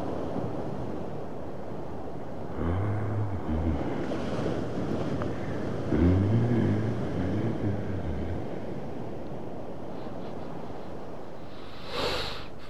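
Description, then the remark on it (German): Steady ocean surf rushes and roars in a broad wash of noise, with swells rising around the middle and a brief hissing burst near the end. Low wind rumble runs underneath; no voices. “Nichts als das verdammte Meer.”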